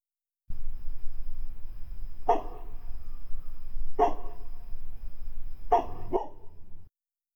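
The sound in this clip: Dog barking: three single sharp barks, evenly spaced, the last doubled, over a low steady rumble.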